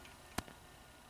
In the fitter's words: got to make sure that goes around the pin, a nice click. Ready?